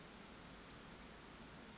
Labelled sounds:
Western Flycatcher (Empidonax difficilis)
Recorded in Sonoma County, California

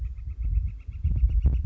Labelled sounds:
Northern Flicker (Colaptes auratus)
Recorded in Sonoma County, California

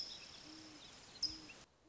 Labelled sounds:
Great Horned Owl (Bubo virginianus)
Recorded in Sonoma County, California

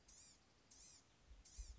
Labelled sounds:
Blue-gray Gnatcatcher (Polioptila caerulea)
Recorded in Sonoma County, California

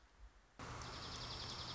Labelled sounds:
Dark-eyed Junco (Junco hyemalis)
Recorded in Sonoma County, California

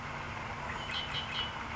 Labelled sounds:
Red-winged Blackbird (Agelaius phoeniceus)
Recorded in Sonoma County, California

